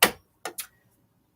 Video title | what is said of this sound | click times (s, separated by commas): #118 AkA 1.5" Postage Stamp Quilt Top | make that click noise | 0.0 s